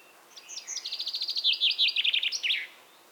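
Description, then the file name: Common chaffinch song: a rapid trill of bright descending notes that accelerates and ends in a short emphatic flourish, lasting about two seconds. "Fringilla coelebs"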